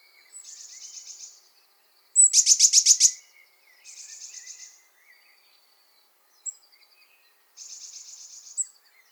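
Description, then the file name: Eurasian blue tit: three soft buzzy churrs, with one loud, rapid pulsed rattle between the first two. "Cyanistes caeruleus"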